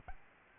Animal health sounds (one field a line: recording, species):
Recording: mosquito wingbeat signal from an infrared sensor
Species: Aedes albopictus